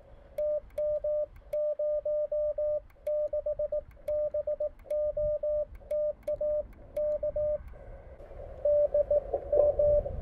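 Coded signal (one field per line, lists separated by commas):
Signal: Morse code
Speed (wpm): 18 wpm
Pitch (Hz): 600 Hz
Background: radio noise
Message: TM06BOTA K DM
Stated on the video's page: Morse heard while testing a random-wire antenna with a choke.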